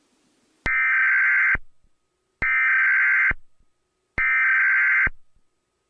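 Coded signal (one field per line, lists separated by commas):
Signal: Emergency Alert System (SAME) tones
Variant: header bursts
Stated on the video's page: Simulated EAS scenario recreating severe weather coverage, not a real broadcast.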